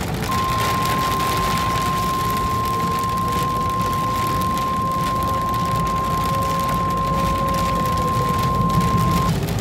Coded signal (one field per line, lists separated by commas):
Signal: Emergency Alert System (SAME) tones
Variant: 1050 Hz attention tone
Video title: PANHANDLE VIOLENCE (EAS Scenario)